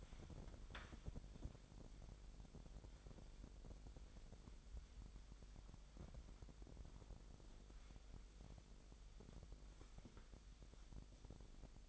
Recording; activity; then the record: daily activity, microphone in the room; wipe stove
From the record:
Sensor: 5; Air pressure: 1000.9 hPa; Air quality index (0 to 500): 247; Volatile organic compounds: 34 ppm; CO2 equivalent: 3050 ppm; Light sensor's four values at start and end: 30/68/27/25 and 30/69/28/26